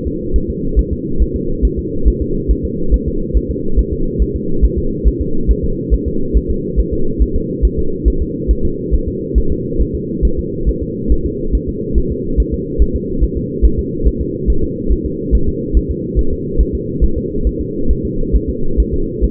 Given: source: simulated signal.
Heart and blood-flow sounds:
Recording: fetal heart sounds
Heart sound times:
0.07 s: S2
0.36 s: S1
0.50 s: S2
0.79 s: S1
0.93 s: S2
1.22 s: S1
1.36 s: S2
1.65 s: S1
1.79 s: S2
2.08 s: S1
2.22 s: S2
2.51 s: S1
2.65 s: S2
2.94 s: S1
3.08 s: S2
3.37 s: S1
3.51 s: S2
3.79 s: S1
3.93 s: S2
4.22 s: S1
4.36 s: S2
4.65 s: S1
4.78 s: S2
5.08 s: S1
5.21 s: S2
5.51 s: S1
5.64 s: S2
5.94 s: S1
6.08 s: S2
6.37 s: S1
6.51 s: S2
6.80 s: S1
6.93 s: S2
7.22 s: S1
7.36 s: S2
7.65 s: S1
7.79 s: S2
8.08 s: S1
8.22 s: S2
8.51 s: S1
8.65 s: S2
8.94 s: S1
9.08 s: S2
9.38 s: S1
9.52 s: S2
9.82 s: S1
9.95 s: S2
10.25 s: S1
10.39 s: S2
10.69 s: S1
10.83 s: S2
11.12 s: S1
11.26 s: S2
11.55 s: S1
11.69 s: S2
11.98 s: S1
12.12 s: S2
12.40 s: S1
12.54 s: S2
12.82 s: S1
12.96 s: S2
13.24 s: S1
13.37 s: S2
13.65 s: S1
13.79 s: S2
14.08 s: S1
14.21 s: S2
14.50 s: S1
14.64 s: S2
14.92 s: S1
15.06 s: S2
15.35 s: S1
15.49 s: S2
15.77 s: S1
15.91 s: S2
16.19 s: S1
16.33 s: S2
16.61 s: S1
16.75 s: S2
17.04 s: S1
17.18 s: S2
17.47 s: S1
17.61 s: S2
17.91 s: S1
18.05 s: S2
18.36 s: S1
18.49 s: S2
18.80 s: S1
18.94 s: S2
19.24 s: S1
From the record:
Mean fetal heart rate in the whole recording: 140 bpm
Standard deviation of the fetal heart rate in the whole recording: 2 bpm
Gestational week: 34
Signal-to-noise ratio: -8.1 dB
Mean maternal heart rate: 72 bpm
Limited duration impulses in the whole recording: absent

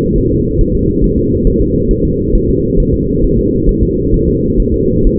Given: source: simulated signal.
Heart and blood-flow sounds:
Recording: fetal heart sounds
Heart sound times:
0.18 s: S1
0.32 s: S2
0.61 s: S1
0.75 s: S2
1.04 s: S1
1.18 s: S2
1.47 s: S1
1.61 s: S2
1.91 s: S1
2.05 s: S2
2.35 s: S1
2.50 s: S2
2.80 s: S1
2.94 s: S2
3.24 s: S1
3.38 s: S2
3.69 s: S1
3.83 s: S2
4.14 s: S1
4.28 s: S2
4.60 s: S1
4.74 s: S2
5.07 s: S1
From the record:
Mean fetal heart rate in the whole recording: 130 bpm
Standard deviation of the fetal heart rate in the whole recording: 4 bpm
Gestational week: 38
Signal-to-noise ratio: -10.2 dB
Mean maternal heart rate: 72 bpm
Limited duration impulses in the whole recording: present

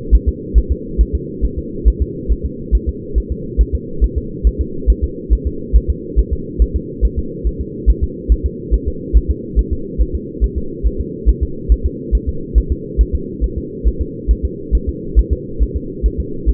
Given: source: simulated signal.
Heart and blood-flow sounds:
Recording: fetal heart sounds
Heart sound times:
0.15 s: S1
0.28 s: S2
0.58 s: S1
0.72 s: S2
1.01 s: S1
1.15 s: S2
1.45 s: S1
1.59 s: S2
1.88 s: S1
2.02 s: S2
2.32 s: S1
2.46 s: S2
2.75 s: S1
2.89 s: S2
3.18 s: S1
3.32 s: S2
3.61 s: S1
3.75 s: S2
4.04 s: S1
4.18 s: S2
4.47 s: S1
4.61 s: S2
4.90 s: S1
5.04 s: S2
5.33 s: S1
5.47 s: S2
5.76 s: S1
5.90 s: S2
6.19 s: S1
6.33 s: S2
6.62 s: S1
6.76 s: S2
7.05 s: S1
7.19 s: S2
7.47 s: S1
7.61 s: S2
7.90 s: S1
8.03 s: S2
8.32 s: S1
8.46 s: S2
8.74 s: S1
8.88 s: S2
9.17 s: S1
9.31 s: S2
9.59 s: S1
9.73 s: S2
10.02 s: S1
10.15 s: S2
10.44 s: S1
10.58 s: S2
10.87 s: S1
11.00 s: S2
11.29 s: S1
11.43 s: S2
11.72 s: S1
11.86 s: S2
12.15 s: S1
12.29 s: S2
12.58 s: S1
12.72 s: S2
13.01 s: S1
13.15 s: S2
13.44 s: S1
13.58 s: S2
13.88 s: S1
14.02 s: S2
14.31 s: S1
14.45 s: S2
14.75 s: S1
14.89 s: S2
15.19 s: S1
15.33 s: S2
15.62 s: S1
15.76 s: S2
16.06 s: S1
16.20 s: S2
16.49 s: S1
From the record:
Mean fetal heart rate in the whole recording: 140 bpm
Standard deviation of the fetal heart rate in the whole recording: 2 bpm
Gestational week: 34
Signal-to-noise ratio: -4.3 dB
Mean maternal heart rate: 72 bpm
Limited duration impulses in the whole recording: absent

